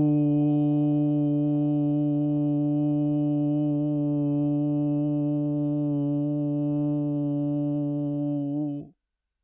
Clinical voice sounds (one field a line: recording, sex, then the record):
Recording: sustained vowel /u/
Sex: male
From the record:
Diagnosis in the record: Parkinson's disease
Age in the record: 70 years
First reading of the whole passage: 112 s, 4.6 characters per second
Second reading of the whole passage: 107 s, 4.9 characters per second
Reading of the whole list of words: 68 s, 4.1 characters per second